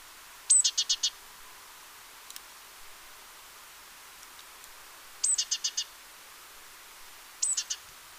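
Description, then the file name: Great tit giving three calls, each a high thin note leading into a few fast buzzy notes, with faint ticks in between. "Parus major"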